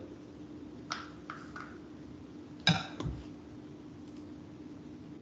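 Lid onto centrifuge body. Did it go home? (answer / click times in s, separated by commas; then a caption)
yes / 2.7 s. A centrifuge lid is pressed down onto the centrifuge body until it clicks shut, ready for the locking mechanism to be moved over it. A few light taps and knocks at about 0.9, 1.3 and 1.6 s come before the loud sharp click of the lid seating at 2.7 s, followed by a softer knock at 3.0 s. A steady low hum runs underneath throughout.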